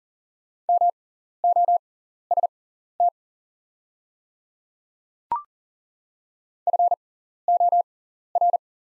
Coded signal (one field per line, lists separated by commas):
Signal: Morse code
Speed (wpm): 40 wpm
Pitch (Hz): 700 Hz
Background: none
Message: MOST FOR